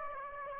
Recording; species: mosquito wingbeat signal from an infrared sensor; Aedes aegypti